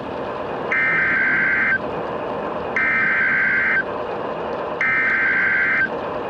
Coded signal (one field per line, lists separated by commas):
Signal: Emergency Alert System (SAME) tones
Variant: header bursts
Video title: (EAS Scenario) The San Diego Spectacular